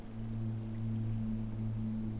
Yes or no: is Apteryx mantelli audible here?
no